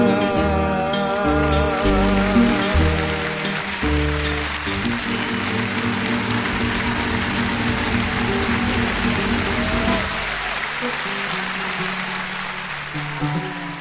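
An audience claps steadily and densely while the last sustained notes of a milonga ring out beneath it; after the music stops, the applause carries on alone and gradually thins.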